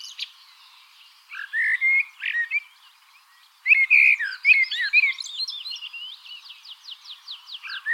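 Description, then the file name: Common blackbird singing: fluty warbled phrases followed by rapid, squeaky high twittering, two bursts separated by a short pause. "Turdus merula"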